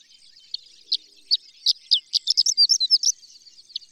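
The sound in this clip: Horned lark song, a few spaced high chips that speed up into a brief tumbling, tinkling flourish.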